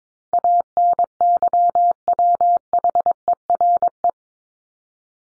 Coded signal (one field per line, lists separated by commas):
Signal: Morse code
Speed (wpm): 22 wpm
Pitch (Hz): 700 Hz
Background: none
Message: ANYWHERE